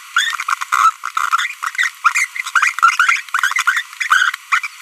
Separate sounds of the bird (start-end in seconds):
0.17-0.43, 0.48-0.54, 0.72-0.90, 1.75-1.88, 2.05-2.25, 2.46-2.49, 2.55-2.71, 3.44-3.47, 3.67-3.81, 4.00-4.35, 4.52-4.59, 4.64-4.67